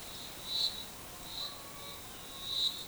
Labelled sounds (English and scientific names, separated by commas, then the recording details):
none
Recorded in forest near Pivijay, Magdalena, Colombia, on 17 April 2023 at 11:30
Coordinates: 10.467, -74.380
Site Z5-G034